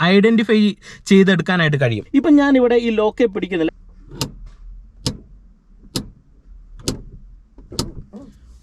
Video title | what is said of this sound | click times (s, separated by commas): വണ്ടിയിൽ hand brake ഒരിക്കലും ഇങ്ങനെ ഇടരുത് ശ്രദ്ധിക്കുക- Right way to engage Hand break! | Okay ഇപ്പൊ ഒരു അഞ്ച് ടിക്ക് നിങ്ങൾ കേട്ടു | 5.1 s, 6.0 s, 6.9 s, 7.8 s